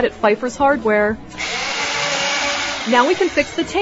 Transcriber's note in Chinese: Enter drill sound